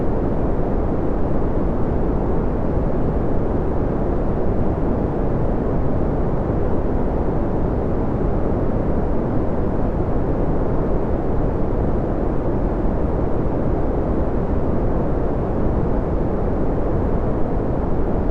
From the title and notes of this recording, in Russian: Глубокий, успокаивающий рокот Коричневого Шума прекрасно сливается с легким, успокаивающим шелестом Белого Шума, создавая уникальный гибридный звуковой пейзаж. Мягкий Коричневый Шум. Белый Шум.